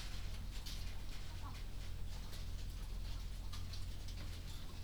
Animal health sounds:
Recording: poultry house recording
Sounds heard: healthy chickens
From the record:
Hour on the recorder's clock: 19

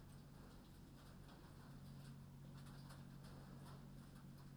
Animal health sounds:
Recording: poultry house recording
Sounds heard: no chicken sound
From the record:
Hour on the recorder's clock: 22

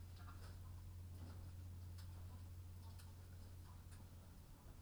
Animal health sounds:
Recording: poultry house recording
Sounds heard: sick chickens (respiratory disease)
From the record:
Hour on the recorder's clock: 21

